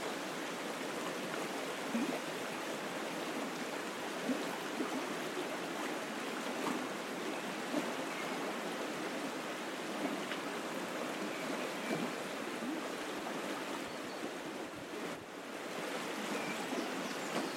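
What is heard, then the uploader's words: A gentle stream bubbles steadily and densely, a constant bright rush of water with a brief dip near fifteen seconds. Sound Escape 21: the song of the River Dove in the Peak District. Recorded by Andrew Griffiths and presented by Hannah Tribe.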